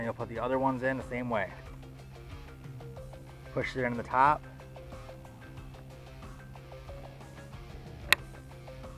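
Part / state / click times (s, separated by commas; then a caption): tensioner into kayak rudder foot pedal / seated / 8.1 s. A tensioner is pushed into the top of a kayak rudder foot pedal for a Feelfree rudder while someone talks over background music. A sharp click at 8.1 seconds shows the tensioner snapping into place, seated.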